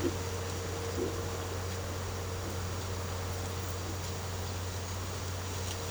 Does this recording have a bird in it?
no